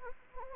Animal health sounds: mosquito wingbeat signal from an infrared sensor; Anopheles gambiae

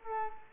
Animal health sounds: mosquito wingbeat signal from an infrared sensor; Culex quinquefasciatus

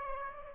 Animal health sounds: mosquito wingbeat signal from an infrared sensor; Aedes aegypti

